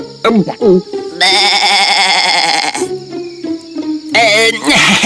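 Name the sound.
goat bleating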